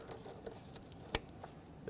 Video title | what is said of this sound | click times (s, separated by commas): How to Replace Knock Sensors 2011-2019 Ford Explorer | make sure that clicks next we had a vacuum hose over here | 1.1 s